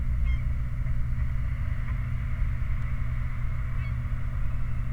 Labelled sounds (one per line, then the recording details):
waterfowl
truck
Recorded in the Prudhoe Bay oil fields, Alaska, on 29 July 2019 at 03:33
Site 29